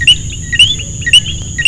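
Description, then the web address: Coquí frog calling, a short two-part chirp, low note then higher note, repeated about every half second, over a steady high-pitched whine. "coqui sound"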